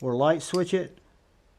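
A folding knife with a liner lock is handled, its blade about to be flicked open "light switch" style to lock against the liner. Someone talks throughout the 1.6-second clip, and the sound fades to quiet near the end. Nothing has seated or clicked yet; the blade has not locked open.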